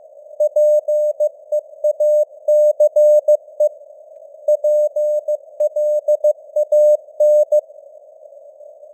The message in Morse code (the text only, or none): PEACE PLAN